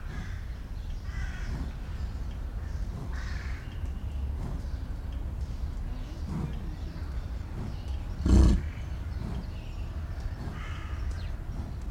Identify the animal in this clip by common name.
American Bison